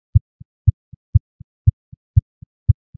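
Simulated heartbeat as heard through a stethoscope in a landmarks exercise: loud first and softer second sounds, regular at 120 beats a minute, a fast rate.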